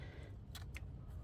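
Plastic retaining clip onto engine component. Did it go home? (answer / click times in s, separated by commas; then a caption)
no / none. A plastic retaining clip is being put back on near the ignition coil of a 2016 Ford F150 engine during a spark plug and coil change. Over a steady low rumble, there are brief bright handling sounds around 0.6 and 0.8 seconds. Nothing has seated or clicked yet.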